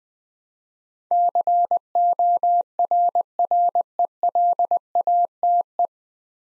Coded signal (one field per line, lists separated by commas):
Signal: Morse code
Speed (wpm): 20 wpm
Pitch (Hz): 700 Hz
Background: none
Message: CORRELATE